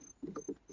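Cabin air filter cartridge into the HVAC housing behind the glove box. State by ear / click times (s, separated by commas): seated / 0.4 s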